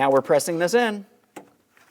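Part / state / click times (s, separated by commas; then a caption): door lock cable end into interior door handle / seated / 1.4 s. Someone talks, then presses the end of the second door lock cable into its slot on the plastic interior rear door handle of a 2003-2008 Toyota Matrix. A sharp click at 1.4 s confirms the cable end has seated, followed by a faint tug sound.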